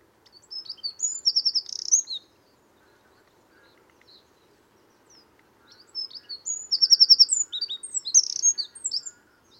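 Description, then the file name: Eurasian wren song in two loud high bursts, each a rapid sequence of sharp notes and fast buzzy trills, separated by a few quiet seconds. "Troglodytes troglodytes"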